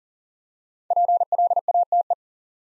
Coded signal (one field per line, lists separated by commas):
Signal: Morse code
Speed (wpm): 40 wpm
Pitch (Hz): 700 Hz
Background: none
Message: PLATE